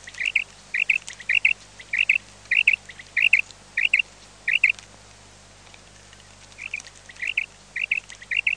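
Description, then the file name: Common quail giving quick, clipped liquid call notes repeated in a steady run, breaking off briefly before starting again over a faint hiss. "QUAGLIA"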